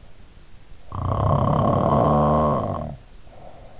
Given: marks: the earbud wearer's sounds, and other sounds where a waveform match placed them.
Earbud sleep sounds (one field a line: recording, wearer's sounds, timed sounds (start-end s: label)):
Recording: sounds in sleep by an in-ear microphone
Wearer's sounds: snoring breath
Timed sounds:
1.01-3.76 s: snoring breath